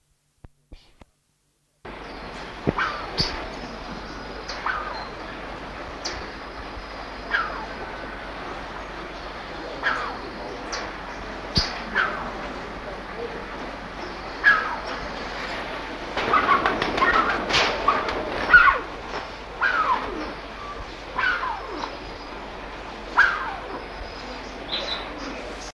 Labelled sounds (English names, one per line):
Black Curassow call